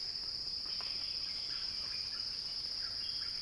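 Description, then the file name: Cicada song, a constant piercing high buzz that never wavers, with a faint higher shimmer and light background rustle. Cicada song described as a crescendo, recorded by Axel Drioli. "Axel-Drioli Cicada-Crescendo-Sounding-Wild"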